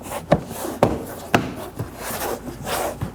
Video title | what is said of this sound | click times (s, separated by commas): How to Replace Rear Window Motor & Regulator Assemblies 2013-2019 Nissan Sentra | You should hear multiple audible clicks. | 0.8 s, 1.3 s